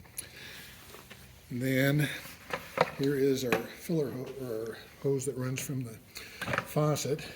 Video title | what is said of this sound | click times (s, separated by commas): barn water heater tutorial | you might not realize it's got to go all the way to the top, so you need to hear it click. | 0.2 s